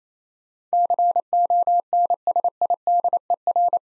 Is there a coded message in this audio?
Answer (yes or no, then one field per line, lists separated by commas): yes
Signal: Morse code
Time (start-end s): 0.7-3.8 s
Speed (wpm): 27 wpm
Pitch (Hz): 700 Hz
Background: none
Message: CONSIDER